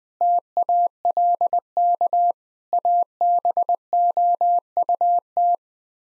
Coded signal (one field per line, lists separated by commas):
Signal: Morse code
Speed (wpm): 20 wpm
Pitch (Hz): 700 Hz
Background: none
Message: TALK ABOUT